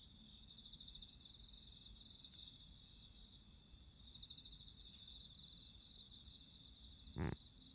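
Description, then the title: Crickets chirping in high, pulsed trills that swell in bursts over a steady background chorus, with one sharp thump near the end. Crickets singing at midnight. "Listen to nature crickets singing at midnight"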